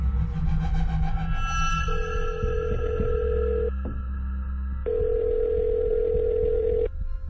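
Electronic phone tones as a woman phones her husband, who does not pick up: a run of short dialing beeps, then steady ringback tones in long, even bursts with gaps between them, loud over a low background hum.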